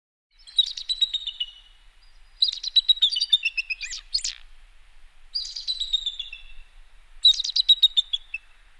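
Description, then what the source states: Bird song, high trilled phrases with descending notes, four bursts separated by short pauses of under a second. Bird call in the morning.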